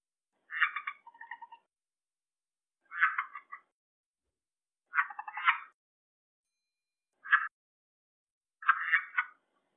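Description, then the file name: Red-eyed tree frog uttering five short clucking, pulsed notes spaced about two seconds apart, some with a quick trailing stutter. "red eye tree frog calling"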